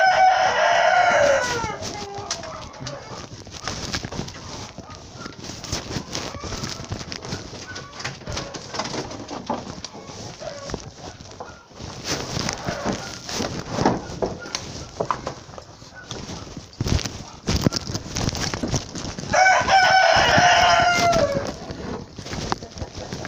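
Chickens cluck and squawk throughout, with loud harmonic crowing calls rising at the start and again near the end over a busy, noisy barnyard background.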